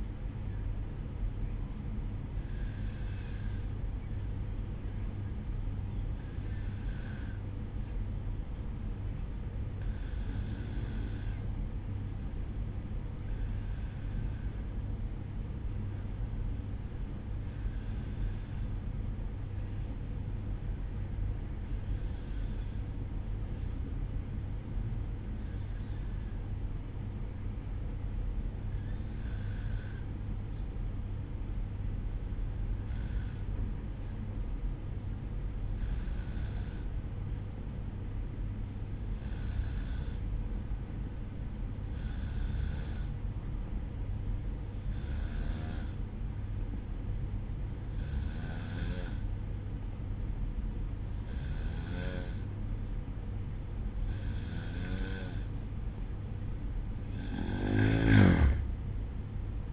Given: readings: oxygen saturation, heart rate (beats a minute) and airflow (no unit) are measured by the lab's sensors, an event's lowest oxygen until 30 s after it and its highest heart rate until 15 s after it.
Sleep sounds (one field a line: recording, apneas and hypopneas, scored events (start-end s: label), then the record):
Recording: breathing in sleep by a smartphone at the bedside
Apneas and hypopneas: 1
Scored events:
16.00-54.90 s: hypopnea (N1, oxygen 95% highest, then 91% lowest, heart rate 58 at the start, 70 highest)
35.00-59.72 s: new sleep stage, N2 (light sleep)
From the record:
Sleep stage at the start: N1 (lightest sleep)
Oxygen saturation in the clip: 92 to 95%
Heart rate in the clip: 56 to 60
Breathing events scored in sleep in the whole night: 305 in 9.6 hours asleep